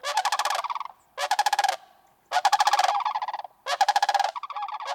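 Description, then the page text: Sandhill crane rattling bugle calls: four loud, rolling, trumpeting bursts separated by short pauses. Family groups travel together: adult pair with young from the previous summer and grown offspring; families stay together through migration and winter, parents often pair for life; breed in the northern U.S. and Canada. "Sandhill Crane Families Stick Together (Bird Note. Chirp Nature Center"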